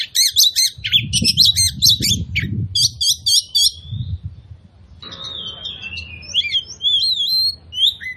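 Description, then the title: Oriental magpie-robin giving quick repeated chattering phrases, then after a hiss of noise, smoother looping whistles; low thumps beneath. Kacer song used as a provocation track to make other magpie-robins fight, spread their tails and display; described as loud, continuous bursts (tembakan), gacor plong. "KACER NGOTOT FULL TEMBAKAN. Pancingan Kacer Gacor Plong Plongan Buat Kacer Lain Auto Emosi Buka Ekor Ngobra"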